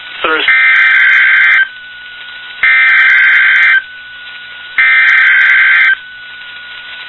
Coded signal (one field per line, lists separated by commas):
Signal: Emergency Alert System (SAME) tones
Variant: header bursts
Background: speech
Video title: Weather Radio Wednesday RWTs (EAS #965-#975)